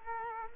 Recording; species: mosquito wingbeat signal from an infrared sensor; Culex quinquefasciatus